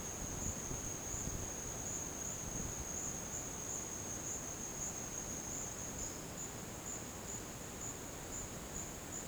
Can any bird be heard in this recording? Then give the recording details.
no. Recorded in dense forest near Puerto Asís, Putumayo, Colombia, on 12 March 2025 at 17:00. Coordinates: 0.486, -76.317. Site G053